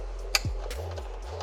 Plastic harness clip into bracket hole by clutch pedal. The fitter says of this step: right here is going to go in the center make sure you hear a clip